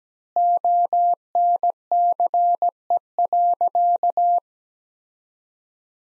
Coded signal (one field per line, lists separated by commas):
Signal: Morse code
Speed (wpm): 17 wpm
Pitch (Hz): 700 Hz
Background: none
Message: ONCE.